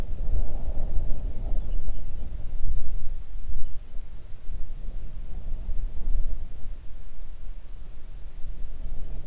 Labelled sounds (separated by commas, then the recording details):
songbird, wind
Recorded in the Arctic National Wildlife Refuge, Alaska, on 3 June 2019 at 04:55
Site 37